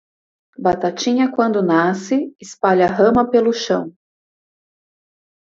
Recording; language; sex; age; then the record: short text; Brazilian Portuguese; female; 30 to 39 years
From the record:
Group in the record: control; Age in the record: 38 years